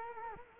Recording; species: mosquito wingbeat signal from an infrared sensor; Culex quinquefasciatus